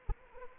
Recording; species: mosquito wingbeat signal from an infrared sensor; Anopheles arabiensis